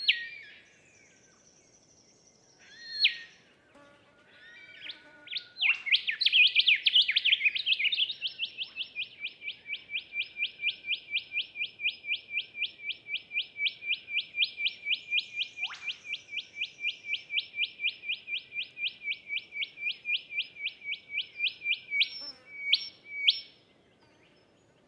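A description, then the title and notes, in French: Birdsong on a coastal site, dominated by one bird's long, rapid series of bright, evenly spaced notes that starts loud around six seconds and runs steadily until about twenty-three seconds. A few sharp separate calls sound before and after, over a quiet background. Booderee National Park - Australie. Nomad - cardio mkh8040. En 2015 j'ai pu tous les jours enregistrer de magnifiques CHORUS sur la côte Sud-Est. Voici donc en écoute ce qu'était un lever du jour.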